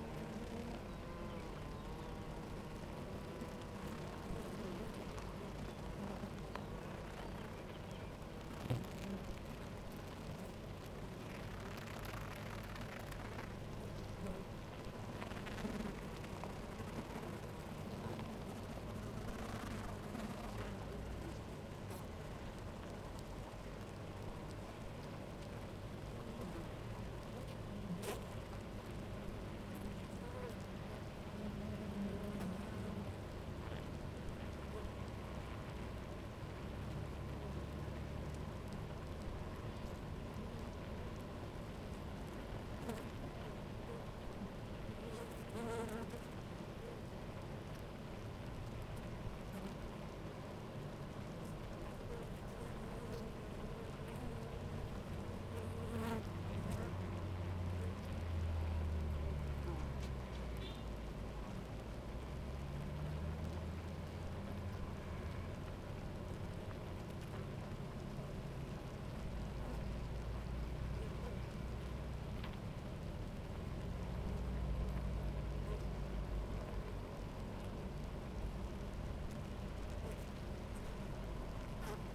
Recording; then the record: honeybee colony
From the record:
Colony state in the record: active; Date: 28 July 2017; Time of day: 11:07